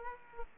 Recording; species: mosquito wingbeat signal from an infrared sensor; Aedes aegypti